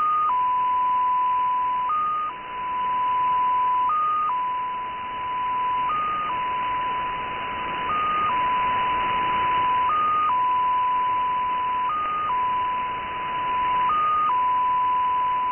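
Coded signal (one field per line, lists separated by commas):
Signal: numbers station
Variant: XPA2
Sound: steady mid-pitched tone that jumps slightly higher for a moment every two seconds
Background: radio static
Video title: XPA2 16338 USB 10-14-2018 1500z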